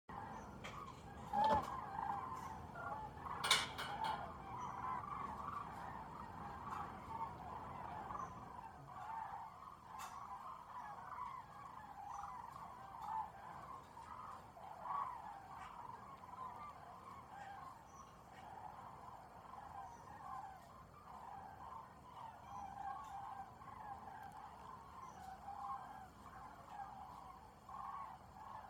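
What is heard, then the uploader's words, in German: A flock of cranes passes over Bochum, their calls forming a dense, steady chatter of mid-pitched trumpeting for the whole half minute. Low traffic rumble underlies the first eight seconds, then fades, and a few sharp knocks stand out near 2, 4 and 10 seconds. Kraniche über Bochum. Einer von vielen Kranichzügen.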